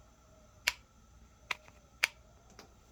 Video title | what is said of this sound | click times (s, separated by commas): Battlebox Unboxing Mission#80, (oh man is that a knife!!) | Just a nice click. | 0.7 s, 1.5 s, 2.0 s